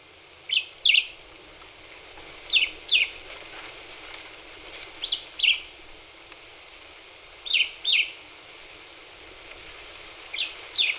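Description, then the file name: Black-whiskered vireo giving sharp paired chirps in phrases spaced two to three seconds apart, five phrases with a soft steady background. Recorded 26 April 2019. "2019-04-26 Black-whiskered Vireo"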